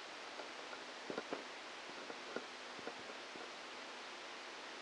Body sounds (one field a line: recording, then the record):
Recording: brain microelectrode recording played as sound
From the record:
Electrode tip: outside the subthalamic nucleus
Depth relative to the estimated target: 3 mm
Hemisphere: left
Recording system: NeuroSet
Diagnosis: Parkinson's disease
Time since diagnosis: 10 years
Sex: male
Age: 56 years